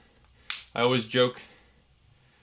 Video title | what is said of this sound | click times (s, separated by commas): How to Replace Lincoln Aviator Key Fob Battery | You hear some clicks. | 0.5 s